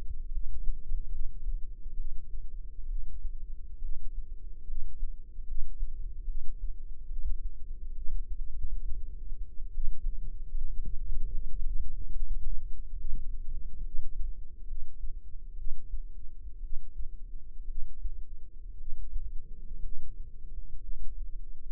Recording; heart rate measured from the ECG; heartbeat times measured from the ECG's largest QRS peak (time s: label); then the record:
heart sounds by microphone in the left ear; 67 bpm
0.28 s: heartbeat
1.08 s: heartbeat
1.94 s: heartbeat
2.85 s: heartbeat
3.79 s: heartbeat
4.64 s: heartbeat
5.44 s: heartbeat
6.24 s: heartbeat
7.06 s: heartbeat
7.92 s: heartbeat
8.52 s: heartbeat
9.71 s: heartbeat
10.50 s: heartbeat
11.29 s: heartbeat
12.09 s: heartbeat
12.94 s: heartbeat
13.80 s: heartbeat
14.64 s: heartbeat
15.54 s: heartbeat
16.59 s: heartbeat
17.65 s: heartbeat
18.76 s: heartbeat
19.80 s: heartbeat
20.78 s: heartbeat
21.65 s: heartbeat
From the record:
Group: healthy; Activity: cold pressor test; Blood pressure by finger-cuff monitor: 146/88 mmHg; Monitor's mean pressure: 107 mmHg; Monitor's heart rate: 70 bpm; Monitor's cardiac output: 6.4 L/min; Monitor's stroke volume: 92 mL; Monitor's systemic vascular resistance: 1260 dyn s/cm5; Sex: female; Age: 22 years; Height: 171 cm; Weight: 65.6 kg